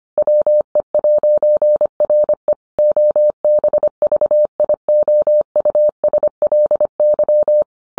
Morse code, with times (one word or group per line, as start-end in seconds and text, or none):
0.2-2.5 WE'RE
2.8-7.6 OBVIOUSLY